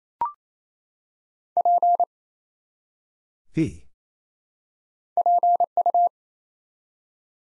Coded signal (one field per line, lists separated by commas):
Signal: Morse code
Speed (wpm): 27 wpm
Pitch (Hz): 700 Hz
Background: none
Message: P PU